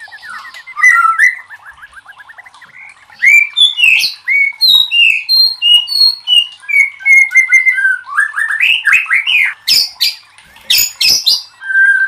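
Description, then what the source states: White-rumped shama song starting with a rapid trill, then many clear varied whistled notes, harsh repeated rasping bursts and a final whistle. Masteran (training recording for cage birds) of murai batu labaik.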